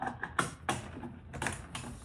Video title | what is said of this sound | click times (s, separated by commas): Cayenn door panel installation Large 540p | And as you press it in, the latch will close on itself and you'll hear a distinctive click. | 0.4 s